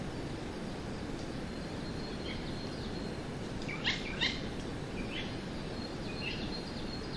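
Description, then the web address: Eurasian jay uttering two quick harsh, scratchy screeches close together midway, with faint chirps from other small birds and constant low hiss. Recorded at Chichibu on 12 May 2024. "koe kakesu 240512 chichibu"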